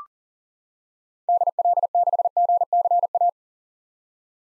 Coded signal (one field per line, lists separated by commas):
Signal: Morse code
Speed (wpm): 40 wpm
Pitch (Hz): 700 Hz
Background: none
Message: DL6GCA